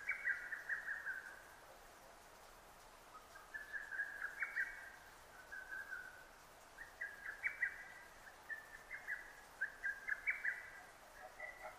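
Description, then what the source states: Lesser cuckoo singing quick, chattering phrases of clipped whistled notes, the phrases running close together, with quiet background hiss. 6 June 2009.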